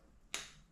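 A threaded top cap is turned anticlockwise in the aluminium stanchion of a Fox 38 suspension fork with a Grip 2 damper, and a single small, sharp click is heard at 0.3 s as the thread start drops into place. The cap is seated at the thread start, ready to be threaded clockwise.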